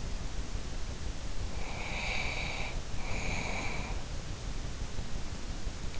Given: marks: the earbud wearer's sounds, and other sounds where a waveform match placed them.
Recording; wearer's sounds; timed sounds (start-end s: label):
sounds in sleep by an in-ear microphone; breath
1.40-4.05 s: breath